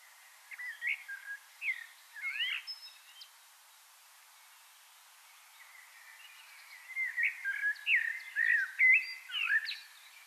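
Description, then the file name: Common blackbird giving warbled, fluty phrases, a short run of swooping notes, a pause, then a longer, louder burst of varied mid-pitched notes. "Turdus merula"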